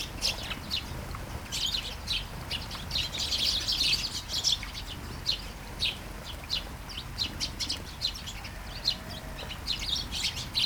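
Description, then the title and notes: Sparrows chirping, many short bright chirps overlapping in quick, busy bursts throughout, with a steady low background hiss. Flying sparrows in a garden, early morning, during a light shower, Taastrup, Denmark; recorded on a Sony PCM-D100 with its internal microphones. "Kærengen 8, 2630 Taastrup, Denmark - Flying sparrows. Flying sparrows in the garden, early morning. Light shower. Vols de moineaux dans le jardin, au petit matin. Pluie fine"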